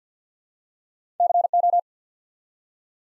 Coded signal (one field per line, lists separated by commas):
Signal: Morse code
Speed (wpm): 51 wpm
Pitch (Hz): 700 Hz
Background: none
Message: CO